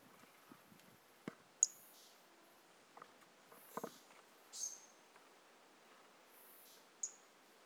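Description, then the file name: Brachycephalus mirissimus toadlet: short, sharp high notes, three spaced a few seconds apart, among faint clicks and low taps. Individual 01, recorded 18 January 2018; the animal was not collected. "Brachycephalus mirissimus 18 jan 2018 individual 01 ex 02 A E Confetti not collected"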